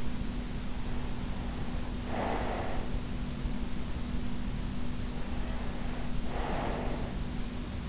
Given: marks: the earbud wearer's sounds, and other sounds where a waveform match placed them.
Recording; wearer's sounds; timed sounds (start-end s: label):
sounds in sleep by an in-ear microphone; breath
1.98-3.24 s: breath
5.96-7.89 s: breath